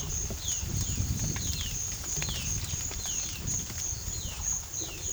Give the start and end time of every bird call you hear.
0.00s-5.13s: bird call

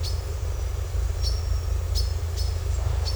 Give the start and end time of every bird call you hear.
0.00s-3.15s: bird call

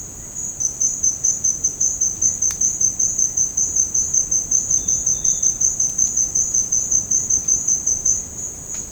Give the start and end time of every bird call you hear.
1.21s-2.48s: bird call
5.15s-6.41s: bird call

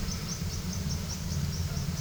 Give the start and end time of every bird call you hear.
0.00s-2.00s: bird call

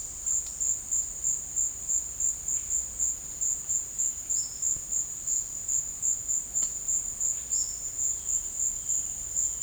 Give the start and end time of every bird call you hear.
2.45s-2.71s: bird call
4.28s-4.59s: bird call
7.46s-7.73s: bird call
8.12s-9.62s: bird call

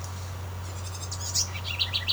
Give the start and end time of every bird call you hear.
0.57s-2.13s: bird call

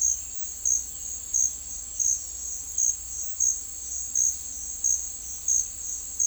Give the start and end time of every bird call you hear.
0.00s-3.03s: bird call

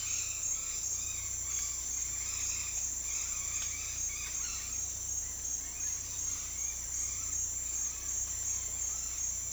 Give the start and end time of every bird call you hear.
0.00s-4.78s: bird call

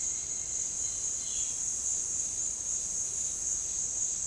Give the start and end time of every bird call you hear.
0.97s-1.68s: bird call

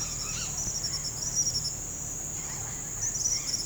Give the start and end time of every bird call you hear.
0.00s-1.72s: bird call
2.34s-3.65s: bird call

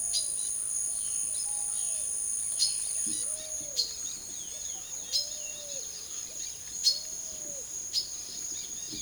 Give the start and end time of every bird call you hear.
0.00s-7.68s: bird call
7.97s-9.02s: bird call

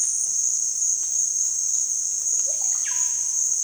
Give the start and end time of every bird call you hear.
2.28s-3.33s: bird call

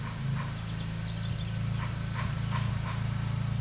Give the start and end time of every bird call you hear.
0.00s-3.09s: bird call

